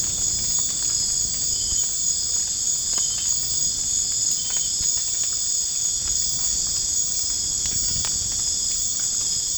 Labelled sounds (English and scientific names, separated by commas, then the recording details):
none
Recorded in dense forest near Puerto Asís, Putumayo, Colombia, on 25 June 2025 at 00:30
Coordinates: 0.481, -76.323
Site G072